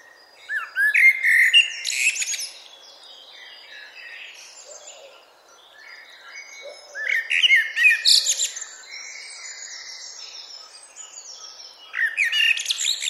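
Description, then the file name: Common blackbird song: mellow fluted phrases that break into high squeaky twitters, delivered three times, near the start, middle and end, with quiet gaps and faint low notes between. "Turdus merula"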